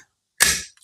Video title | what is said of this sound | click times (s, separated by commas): Future Soldiers Training Program. M4-A1 bolt carrier and charging handle removal / installation | When you hear the click, that is the latch engaging the notch, | 0.4 s